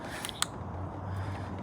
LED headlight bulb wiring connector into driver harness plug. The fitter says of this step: Once that's clicked into place,